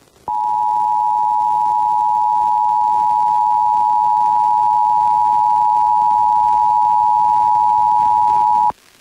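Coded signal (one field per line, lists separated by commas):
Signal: Emergency Alert System (SAME) tones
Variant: 853 and 960 Hz attention tone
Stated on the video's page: Oregon statewide Required Monthly Test relayed by an FM station in Seaside, recorded from a stereo with a Zoom H1 audio recorder.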